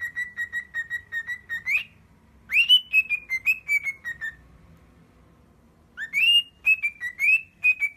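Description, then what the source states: Cockatiel whistling, a quick run of short level whistles followed by rising then falling whistled phrases, a pause, then the phrase again. Cockatiels singing and whistling.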